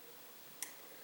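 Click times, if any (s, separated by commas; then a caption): 0.6 s. A small revolver screw is turned backward (counterclockwise) in its threaded hole in the steel frame until the thread start drops into place, avoiding cross-threading. After a quiet stretch with no talk, a single sharp, bright click sounds at 0.6 s as the screw seats.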